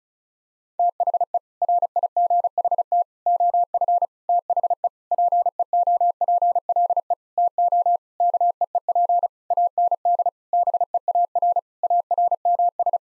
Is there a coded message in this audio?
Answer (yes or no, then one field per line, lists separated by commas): yes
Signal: Morse code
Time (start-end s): 0.8-13.0 s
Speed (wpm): 34 wpm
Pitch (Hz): 700 Hz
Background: none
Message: THE RIGHT OF THE PEOPLE TO KEEP AND BEAR ARMS